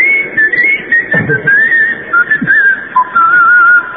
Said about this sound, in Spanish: El chiflido va pasando.